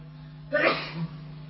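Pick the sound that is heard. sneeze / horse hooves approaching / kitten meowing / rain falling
sneeze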